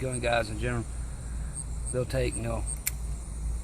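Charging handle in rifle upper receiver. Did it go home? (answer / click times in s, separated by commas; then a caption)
yes / 2.9 s. A charging handle is slung forward in a rifle upper receiver while someone talks. Its latch catches with a short, sharp metallic snap at 2.9 s, and the handle is seated.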